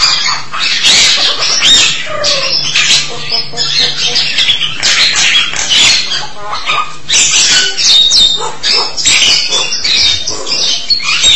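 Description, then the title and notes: Starling song: a long, varied jumble of harsh chatter, clicks and short whistles, rising and falling in loudness throughout. "suara burung jalak"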